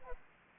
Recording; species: mosquito wingbeat signal from an infrared sensor; Aedes aegypti